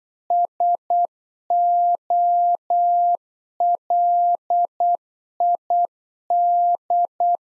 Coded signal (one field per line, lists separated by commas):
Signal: Morse code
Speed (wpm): 8 wpm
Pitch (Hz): 700 Hz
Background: none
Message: SOLID